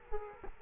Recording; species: mosquito wingbeat signal from an infrared sensor; Culex quinquefasciatus